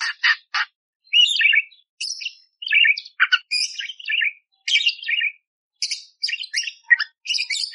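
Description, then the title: Budgerigar song with quick bursts of scratchy, high chirps and grating notes, delivered in uneven phrases with brief gaps. Clear, active budgerigar singing coarse 'tembakan' fills, used as training song for magpie-robins. "Masteran Burung Parkit Gacor Jernih Isian Tembakan Kasar Cocok Buat Kacer"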